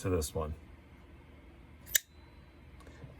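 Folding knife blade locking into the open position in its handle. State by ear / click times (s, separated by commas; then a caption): seated / 2.0 s. Someone talks briefly, then the blade of a second folding knife snaps open and locks into the open position in its handle with a sharp, bright hit at 1.9 s. The click has a short, ringing high-frequency tail, and the blade is seated and locked open.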